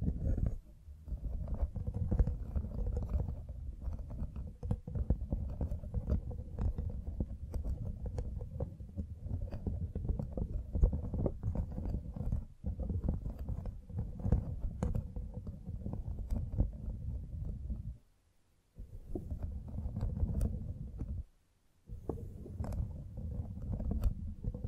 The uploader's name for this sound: Mic Brushing and Scratching